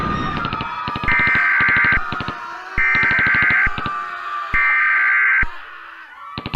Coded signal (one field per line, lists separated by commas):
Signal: Emergency Alert System (SAME) tones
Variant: header bursts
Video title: EAS Scenario 2: Teenage Outlaws